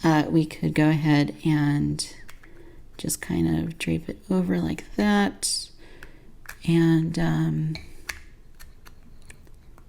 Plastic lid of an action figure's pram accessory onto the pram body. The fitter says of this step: So you heard it snap on that side.